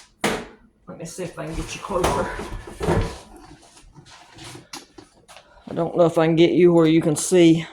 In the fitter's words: Push it down. Do you hear it click?